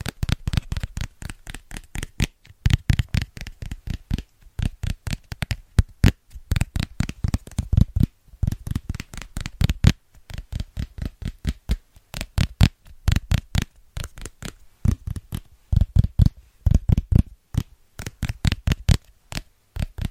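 Fingers tap quickly and rhythmically on Christmas presents, a dense run of sharp, papery clicks with a dull thud beneath each one. The tapping comes in fast bursts of several hits, broken by brief pauses, and keeps this pattern throughout.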